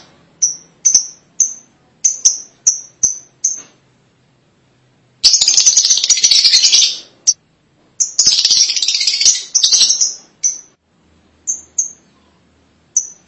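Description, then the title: Lovebird calls: spaced shrill chirps, two long harsh screeching bursts, then a few more piercing chirps. "BM Suara Burung Lovebird"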